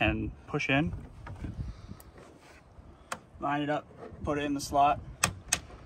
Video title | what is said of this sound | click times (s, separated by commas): Installing tow mirrors on 2017 Toyota Tundra part 3 (final part) | push it forward and it'll click and lock | 5.2 s, 5.5 s